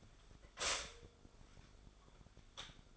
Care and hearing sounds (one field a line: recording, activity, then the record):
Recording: daily activity, microphone in the room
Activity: stop toaster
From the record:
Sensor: 5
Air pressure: 1014.8 hPa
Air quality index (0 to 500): 207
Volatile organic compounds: 10 ppm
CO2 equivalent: 2202 ppm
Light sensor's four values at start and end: 14/32/13/11 and 14/32/12/11